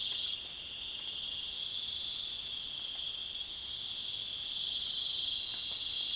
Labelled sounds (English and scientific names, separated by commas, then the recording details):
none
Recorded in pastures near Puerto Asís, Putumayo, Colombia, on 30 June 2025 at 01:00
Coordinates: 0.502, -76.324
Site G010